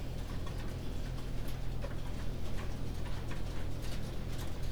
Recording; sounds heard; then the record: poultry house recording; no chicken sound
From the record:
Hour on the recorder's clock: 19